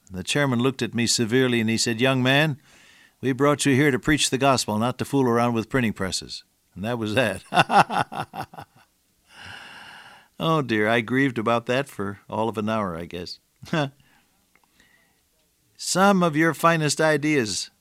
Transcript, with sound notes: The chairman looked at me severely and he said, “Young man, we brought you here to preach the Gospel not to fool around with printing presses.” And that was that. [laughter] Oh, dear, I grieved about that for all of an hour, I guess. Some of your finest ideas,